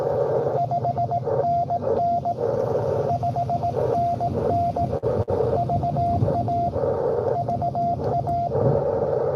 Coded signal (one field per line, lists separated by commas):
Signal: Morse code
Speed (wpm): 22 wpm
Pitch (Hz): 700 Hz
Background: radio noise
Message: 5NN 5NN VA VA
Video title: N2AKJ is live at sunken meadow state park us-2147 with w2smf doing pota